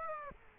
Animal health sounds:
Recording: mosquito wingbeat signal from an infrared sensor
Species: Aedes aegypti

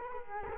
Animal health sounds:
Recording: mosquito wingbeat signal from an infrared sensor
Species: Culex quinquefasciatus

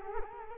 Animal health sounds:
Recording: mosquito wingbeat signal from an infrared sensor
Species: Culex quinquefasciatus

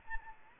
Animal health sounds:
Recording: mosquito wingbeat signal from an infrared sensor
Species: Anopheles arabiensis

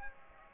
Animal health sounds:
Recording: mosquito wingbeat signal from an infrared sensor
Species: Aedes aegypti

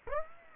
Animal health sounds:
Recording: mosquito wingbeat signal from an infrared sensor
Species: Aedes aegypti

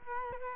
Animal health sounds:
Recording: mosquito wingbeat signal from an infrared sensor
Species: Culex quinquefasciatus

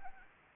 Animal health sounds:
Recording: mosquito wingbeat signal from an infrared sensor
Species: Anopheles arabiensis

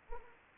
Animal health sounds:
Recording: mosquito wingbeat signal from an infrared sensor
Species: Anopheles arabiensis

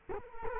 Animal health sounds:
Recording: mosquito wingbeat signal from an infrared sensor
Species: Culex quinquefasciatus

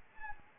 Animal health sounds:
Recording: mosquito wingbeat signal from an infrared sensor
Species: Anopheles arabiensis

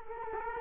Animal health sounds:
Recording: mosquito wingbeat signal from an infrared sensor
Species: Culex quinquefasciatus

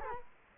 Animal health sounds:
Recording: mosquito wingbeat signal from an infrared sensor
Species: Culex quinquefasciatus

